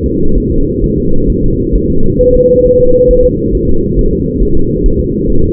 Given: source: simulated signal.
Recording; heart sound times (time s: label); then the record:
fetal heart sounds
0.06 s: S2
0.38 s: S1
0.52 s: S2
0.84 s: S1
0.98 s: S2
1.30 s: S1
1.44 s: S2
1.75 s: S1
1.90 s: S2
2.21 s: S1
2.35 s: S2
2.66 s: S1
2.80 s: S2
3.11 s: S1
3.25 s: S2
3.55 s: S1
3.69 s: S2
3.99 s: S1
4.13 s: S2
4.43 s: S1
4.57 s: S2
4.86 s: S1
5.01 s: S2
5.30 s: S1
5.44 s: S2
From the record:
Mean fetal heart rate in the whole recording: 135 bpm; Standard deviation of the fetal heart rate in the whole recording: 3 bpm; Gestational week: 36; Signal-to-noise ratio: -19.1 dB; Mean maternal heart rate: 72 bpm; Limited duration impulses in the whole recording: present